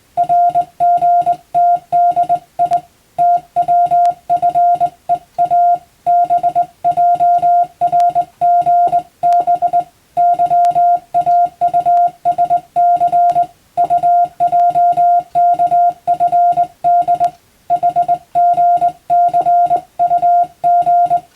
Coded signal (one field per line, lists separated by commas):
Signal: Morse code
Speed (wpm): 20 wpm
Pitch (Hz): 700 Hz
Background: music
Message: RGTDI TWFEA BJRGB YAUSC UJKFD HGCUG